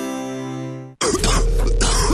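A steady musical tone stops, and after a brief silence come two harsh, noisy coughing bursts lasting about a second in all. This is an acted adult cough opening a radio advertisement for Bronchowerde Hustenlöser, a cough remedy.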